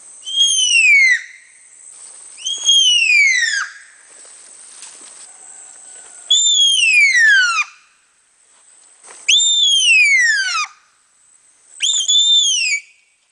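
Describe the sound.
Baird's tapir whistling squeals, five long, shrill notes each sliding steeply downward, spaced about two to four seconds apart over a faint steady hiss.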